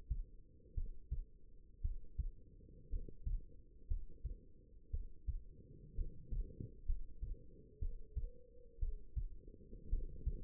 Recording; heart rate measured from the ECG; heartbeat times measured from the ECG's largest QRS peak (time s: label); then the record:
heart sounds by stethoscope; 59 bpm
0.74 s: heartbeat
1.81 s: heartbeat
2.89 s: heartbeat
3.87 s: heartbeat
4.90 s: heartbeat
5.95 s: heartbeat
6.85 s: heartbeat
7.79 s: heartbeat
8.79 s: heartbeat
9.89 s: heartbeat
From the record:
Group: healthy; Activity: rest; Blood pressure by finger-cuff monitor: 117/76 mmHg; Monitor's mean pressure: 87 mmHg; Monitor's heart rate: 61 bpm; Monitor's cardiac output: 4.7 L/min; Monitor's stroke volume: 80 mL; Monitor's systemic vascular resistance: 1370 dyn s/cm5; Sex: female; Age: 22 years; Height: 171 cm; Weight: 65.6 kg